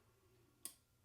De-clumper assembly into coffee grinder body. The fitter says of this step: it also has a de-clumper so it comes back in closes and you'll hear a click I don't know if you can hear that